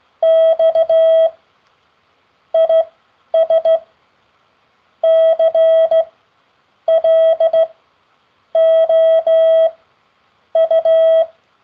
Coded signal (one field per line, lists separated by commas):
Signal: Morse code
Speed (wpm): 16 wpm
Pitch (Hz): 650 Hz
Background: none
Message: X IS CLOU